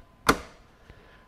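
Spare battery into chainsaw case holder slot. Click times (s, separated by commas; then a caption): 0.3 s. A spare Ryobi 40V battery is pushed into the locking slot of the plastic carry case for the Ryobi 40V HP Brushless 20 inch chainsaw (RY405110). A sharp, bright click lands at 0.3 s, and a faint tick follows at 0.9 s. The battery clicks and locks into place in the case holder.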